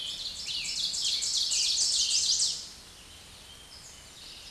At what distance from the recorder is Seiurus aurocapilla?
about 15 m